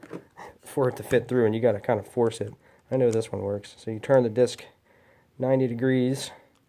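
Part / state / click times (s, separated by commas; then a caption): abrasive cut-off disc onto quick-change rotary tool mandrel / not seated / none. An abrasive cut-off disc is being fitted onto the quick-change mandrel of a Dremel 8220 12V cordless rotary tool, turned 90° so its hole passes over the mandrel head, while someone talks throughout. Only faint handling ticks come through between the speech, and nothing has seated or snapped into place yet.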